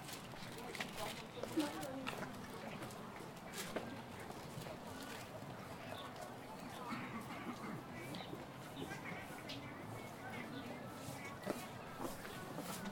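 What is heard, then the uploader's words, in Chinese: A recording from Ditan in Beijing: a dense, steady murmur of many voices talking at once runs throughout. Sharp clicks and knocks cut through now and then, notably near the start, around 3.5 seconds and again near 12 seconds, with occasional footsteps. 城市声音。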